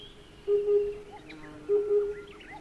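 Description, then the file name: Oriental cuckoo hooting in paired low notes, twice, while other birds chirp and whistle faintly higher up. "tsutsudori"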